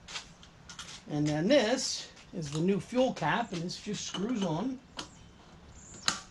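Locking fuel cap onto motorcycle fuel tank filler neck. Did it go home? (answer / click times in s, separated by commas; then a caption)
yes / 5.0 s, 6.1 s. Someone talks while a new chrome locking fuel cap (61100129A), replacing the dummy cap (57300128), is screwed onto the fuel tank filler neck of a 2018 Sport Glide FLSB motorcycle. The cap is turned until it clicks, with sharp clicks at 5.0 s and 6.1 s. Once seated, it is locked on and won't come off without the key.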